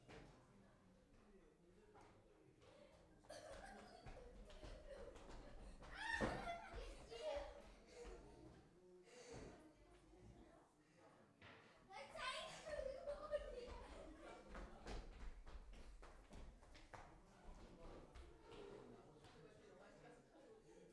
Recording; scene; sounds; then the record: everyday scene through a hearing-aid microphone; many people talking; footsteps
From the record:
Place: parish hall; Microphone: behind the ear, left, front